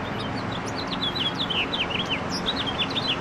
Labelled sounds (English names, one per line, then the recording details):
House Finch song
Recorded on Long Island, New York, on 20 April 2012
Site FP
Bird A